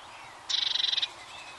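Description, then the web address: Eurasian blue tit singing a brief, rapid high trill of evenly spaced notes lasting about half a second, over faint background hiss. "bbc Bird Song Site Blue Tit - Mesange (tit)"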